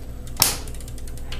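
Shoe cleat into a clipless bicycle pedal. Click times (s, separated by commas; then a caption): 0.4 s. A shoe cleat clips into the second clipless bicycle pedal, with the heel snapping into place. A loud, sharp click sounds at 0.4 s and is followed by a few faint ticks, and the cleat is seated in the pedal.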